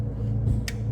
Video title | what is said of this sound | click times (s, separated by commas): 2011 Toyota Tacoma 2.7L 4 cylinder injector replacement | make sure you hear it clip same thing for vacuum switching valve | 0.7 s